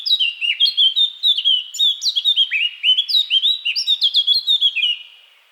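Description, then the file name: Eurasian blackcap song, a continuous loud stream of rich fluty whistles delivered quickly for about five seconds before fading. "Sylvia atricapilla"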